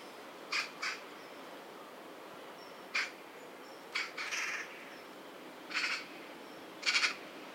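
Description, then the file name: Eurasian magpie giving scattered short harsh chak notes, singly and in pairs, spread irregularly throughout over a quiet background hiss. "Pica pica"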